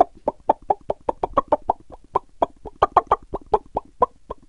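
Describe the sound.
Chicken clucking: short, throaty clucks repeated rapidly and steadily in a continuous run, with no other clear sounds.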